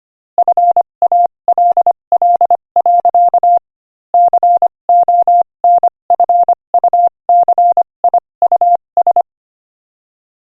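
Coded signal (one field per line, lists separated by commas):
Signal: Morse code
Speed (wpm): 26 wpm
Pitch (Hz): 700 Hz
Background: none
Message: FALL. CONFUCIUS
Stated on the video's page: Morse code listening practice at 25 wpm, sending an inspirational quotation.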